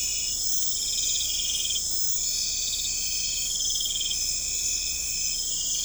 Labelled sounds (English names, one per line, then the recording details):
none
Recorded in pastures near Puerto Asís, Putumayo, Colombia, on 21 December 2024 at 00:00
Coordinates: 0.496, -76.326
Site G004